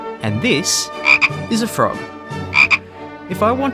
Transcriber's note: frog croaking